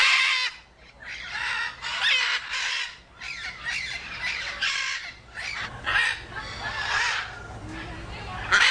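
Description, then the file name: Macaw squawks, harsh and raspy, in a run of loud bursts with short pauses. "zvuk popugaya ary kakie zvuki izdayot popugaj ara"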